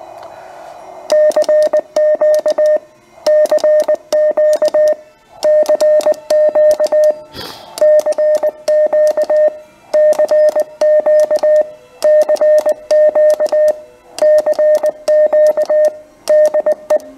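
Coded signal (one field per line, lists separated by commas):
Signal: Morse code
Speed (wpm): 20 wpm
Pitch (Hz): 610 Hz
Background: none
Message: CQ CQ CQ CQ CQ CQ CQ DE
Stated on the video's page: Sent on the PFR-3B kit portable field radio with attached key, onboard batteries and tuner, QRP at least 5 watts on 40, 30 or 20 meters.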